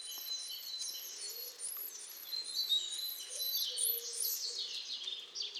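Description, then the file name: Eurasian blue tit calling with a rapid series of very high, thin, hooked notes, about two or three per second, over a busy chorus of other small birds chirping and twittering. "Cyanistes caeruleus"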